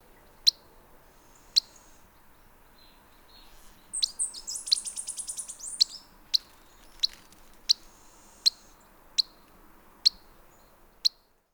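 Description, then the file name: Black-headed tody-flycatcher giving sharp, high, ticking notes repeated at a steady pace, with a brief buzzy, rattling burst in the middle. "Mosquerito Cabecinegro"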